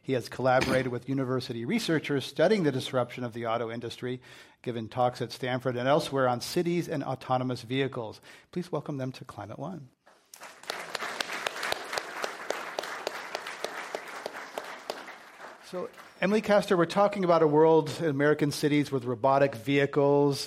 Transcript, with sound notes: He has collaborated with university researchers studying the disruption of the auto industry and given talks at Stanford and elsewhere on cities and autonomous vehicles. Please welcome them to Climate One.
[Applause]
So Emily Castor, we’re talking about the world, American cities with robotic vehicles.